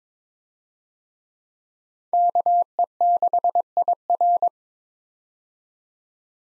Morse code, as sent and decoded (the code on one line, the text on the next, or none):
-.- . -.... .. .-.
KE6IR